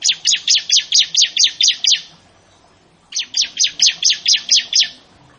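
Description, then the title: Prinia song in two matching phrases, each a rapid series of about nine high, sharp chirps, separated by a pause of about a second. "Ciblek Sawah"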